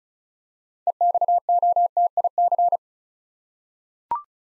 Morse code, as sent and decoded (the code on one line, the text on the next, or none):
. -..- --- - .. -.-.
EXOTIC